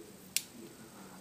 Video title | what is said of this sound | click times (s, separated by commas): Developing Tanks | When just at the moment you heard the click, you stop rotating the film. | 0.4 s